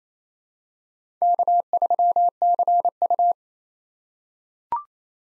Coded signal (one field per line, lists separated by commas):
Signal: Morse code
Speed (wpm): 28 wpm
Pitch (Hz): 700 Hz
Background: none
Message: K3CU